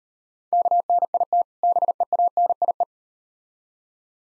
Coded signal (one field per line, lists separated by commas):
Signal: Morse code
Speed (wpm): 39 wpm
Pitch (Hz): 700 Hz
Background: none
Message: KNIT BEANIE